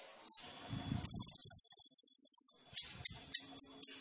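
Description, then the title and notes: Sunbird song: a single high note, then a long, fast, even trill of high notes lasting about one and a half seconds, followed by scattered sharp chips. Indonesian masteran songbird training recording of a gacor (actively singing) kolibri ninja, full of isian (fill notes) and tembakan (bursts), intended as a lure (pancingan). "MASTERAN KOLIBRI NINJA TERBAIK FULL ISIAN DAN TEMBAKAN MEWAH COCOK BUAT PANCINGAN. Suara Burung Kolibri Ninja Gacor"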